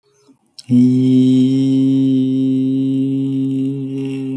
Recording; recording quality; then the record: sustained vowel as in beet; excellent, no background noise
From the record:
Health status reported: healthy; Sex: male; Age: 27 years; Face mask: not worn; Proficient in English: no